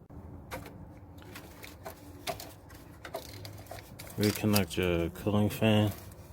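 The electrical connector for a Toyota/Scion radiator cooling fan is handled as it is slid toward its plastic socket on the fan motor during a radiator replacement. Faint rustling and a few small handling taps are heard between about 1.6 and 3.5 seconds, and someone talks near the end. The connector has not yet clicked or locked into the socket.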